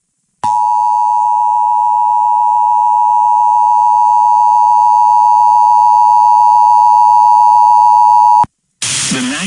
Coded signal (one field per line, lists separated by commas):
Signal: Emergency Alert System (SAME) tones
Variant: 853 and 960 Hz attention tone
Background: speech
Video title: The Tornado Festival | EAS Alerts From 4/8/21 - EAS #199 - #207